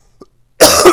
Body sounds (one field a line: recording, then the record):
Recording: coughing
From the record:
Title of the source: Coughing 79